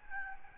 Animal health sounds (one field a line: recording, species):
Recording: mosquito wingbeat signal from an infrared sensor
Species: Aedes albopictus